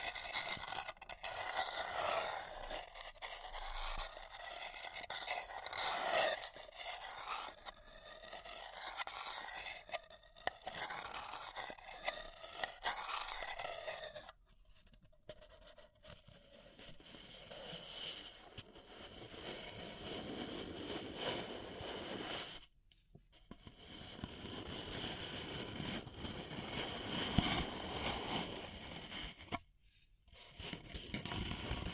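Paper cup tingles: dense crinkling and scraping that keeps changing texture, with brief silent gaps near 15, 23 and 30 seconds.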